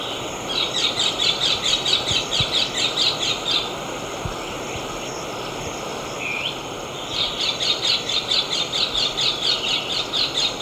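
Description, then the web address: Olive tanager song: fast runs of bright, high, evenly repeated notes in two bursts, separated by a pause with one short rising note, over steady insect-like hiss. Ecuador. "Natures Songs S America Birds of Ecuador 20 Olive Tanager"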